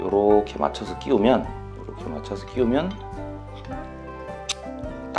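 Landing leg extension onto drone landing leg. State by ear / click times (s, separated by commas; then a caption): seated / 5.2 s. A plastic leg-extension piece is lined up with the groove and spring catch on the short landing leg of a DJI Mavic 2 Pro drone and pushed on while someone talks over background music. It snaps into place with a sharp click at 5.2 s, seating the extension on the leg.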